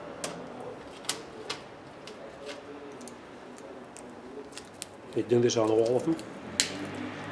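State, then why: Seated. A rubber end cap is pressed onto a drum brake wheel cylinder for a Jeep Cherokee rear brake job, and it is confirmed seated. Someone talks while small handling ticks and taps sound, and a sharp snap at 6.6 s marks the cap snapping in. Another end cap is being fitted the same way.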